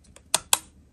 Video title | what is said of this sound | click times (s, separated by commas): We got our very first ever Nintendo Oled Switch! | putting our switch same way you have these rails here just go ahead and slide down to hear a click | 0.3 s, 0.5 s